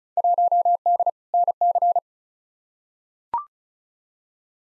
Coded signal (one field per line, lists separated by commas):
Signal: Morse code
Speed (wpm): 34 wpm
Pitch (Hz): 700 Hz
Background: none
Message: 1D NC